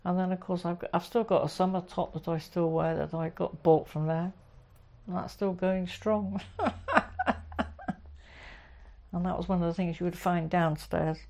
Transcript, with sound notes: and then of course I’ve still got a summer top that I still wear that I got bought from there, and that’s still going strong. (laughs) And that was one of the things you would find downstairs.